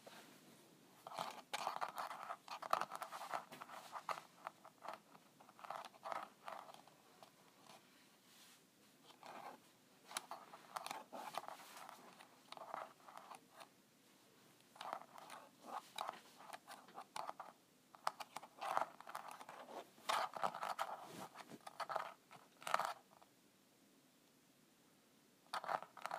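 Someone scratches at a calculator in quick, uneven bursts of dry scraping, each cluster of strokes lasting a second or two. Short pauses break up the activity, with quieter stretches around 8, 14 and 24 seconds, and the strokes are mostly crisp and mid-toned.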